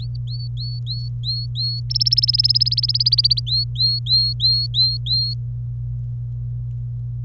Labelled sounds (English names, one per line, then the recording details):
Domestic Canary song
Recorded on 25 April 2018 at 16:04
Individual llb3